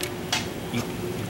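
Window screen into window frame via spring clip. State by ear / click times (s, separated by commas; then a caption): seated / 0.3 s. An installer pulls back the spring clip at the bottom side of a window screen and pushes the screen in along the side, and it snaps into the window frame with a sharp click at 0.3 s. A faint tick comes just before it, and a softer knock follows around 0.8 s, over a low steady background hum. The screen is seated in place.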